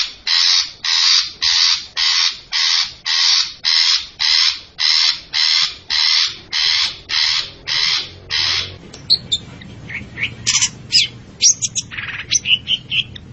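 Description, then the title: Long-tailed shrike giving steady harsh, scratchy rasps nearly twice a second for several seconds, then switching to quick thin, varied high chirps. Described with the Indonesian bird-keeping term 'gacor', meaning the bird is singing loudly and actively. "Cendet Gacor"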